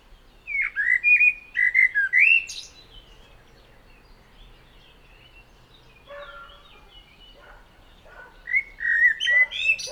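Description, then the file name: Common blackbird singing several warbled whistled phrases with high twittered endings, separated by short pauses. "Turdus merula"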